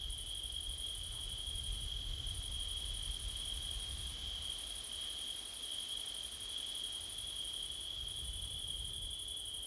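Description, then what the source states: Continuous high cricket trilling over a low wind rumble, the insect tone holding steady throughout. Crickets on a windy September night; Blumlein stereo microphone pair.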